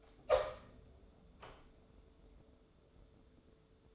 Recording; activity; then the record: daily activity, microphone in the room; open door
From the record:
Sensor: 3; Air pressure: 1015.1 hPa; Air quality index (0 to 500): 126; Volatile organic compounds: 5 ppm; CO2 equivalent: 1772 ppm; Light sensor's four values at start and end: 16/40/16/17 and 16/40/16/17